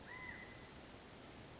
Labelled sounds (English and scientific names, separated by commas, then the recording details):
California Quail (Callipepla californica)
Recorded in Sonoma County, California